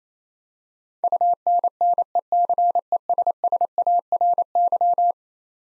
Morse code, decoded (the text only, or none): UNNECESSARY